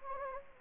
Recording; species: mosquito wingbeat signal from an infrared sensor; Anopheles gambiae